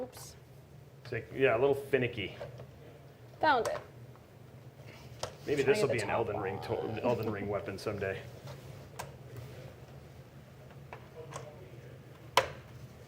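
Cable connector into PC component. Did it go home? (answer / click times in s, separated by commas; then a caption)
yes / 12.4 s. At the end of a PC build with a 12900K and an MSI Ventus RTX 3080 in a Corsair 5000D case, a cable connector is pushed into place on a component inside the case while someone talks, with faint handling taps in between. A loud, solid click at 12.4 s confirms the connector has seated.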